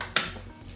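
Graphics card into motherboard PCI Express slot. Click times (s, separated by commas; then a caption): 0.0 s, 0.2 s. A graphics card is pressed down into a motherboard's PCI Express slot, and the slot's plastic retention lever snaps over it with a sharp pop at 0.2 s, following a fainter click at 0.0 s. The card is seated and latched in place, and the rest of the clip is a quiet low hum.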